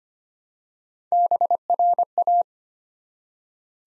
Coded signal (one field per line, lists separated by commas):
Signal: Morse code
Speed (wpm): 25 wpm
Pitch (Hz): 700 Hz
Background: none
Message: BRA